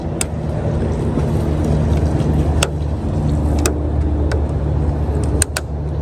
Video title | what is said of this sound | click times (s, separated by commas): Dolphin Nautilus CC Supreme Review 🌊 - Best Wi-Fi Robotic Pool Vacuum | Also like that it that it easily just snaps back in there. | 5.4 s, 5.6 s